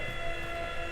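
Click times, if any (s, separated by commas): none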